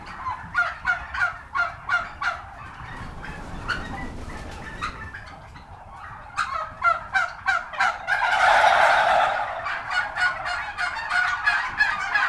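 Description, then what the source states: Turkeys gobbling, many rapid rattling gobbles repeated about three times a second, with a louder burst of overlapping calls and noise in the later part. Recorded at a turkey farm.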